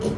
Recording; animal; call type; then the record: contact call of a hoofed animal; pig; closed-mouth grunt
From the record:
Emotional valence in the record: positive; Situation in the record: food and toys in familiar pen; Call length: 0.18 s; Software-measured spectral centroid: 2340 Hz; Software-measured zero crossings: 1160 a second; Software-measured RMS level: -25 dBFS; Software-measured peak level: -12 dBFS